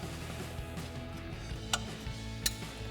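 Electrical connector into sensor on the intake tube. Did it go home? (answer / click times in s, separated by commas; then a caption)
yes / 2.5 s. A plastic electrical connector is pushed onto the sensor on a new K&N Series 77 High Flow cold air intake tube on a 2010-2023 4Runner. A sharp transient is heard at 1.7 seconds, then the connector clicks and latches in at 2.5 seconds over steady background music. The connector is seated.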